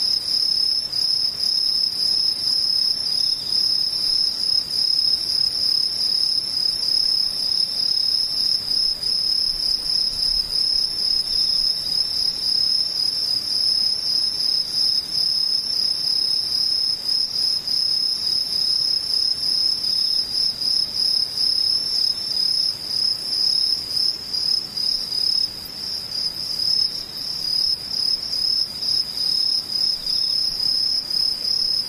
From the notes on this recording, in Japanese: ムシ